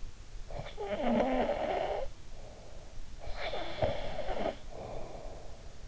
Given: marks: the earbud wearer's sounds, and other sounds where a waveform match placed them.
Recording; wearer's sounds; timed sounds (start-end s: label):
sounds in sleep by an in-ear microphone; snoring breath
0.00-5.88 s: snoring breath